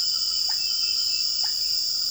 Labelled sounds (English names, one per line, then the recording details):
Common Pauraque
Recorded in dense forest near Puerto Asís, Putumayo, Colombia, on 21 February 2024 at 01:30
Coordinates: 0.481, -76.318
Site G6421